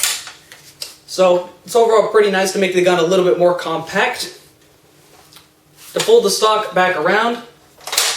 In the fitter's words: you pull it simply pull it around and it clicks in place just like your G36 magazine or G36 stock